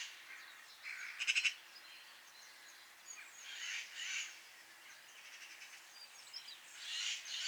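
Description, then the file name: Eurasian magpie giving a harsh, rattling chatter burst early on, followed by softer scratchy calls and a rasping note near the end, over faint background hiss. "Pica pica"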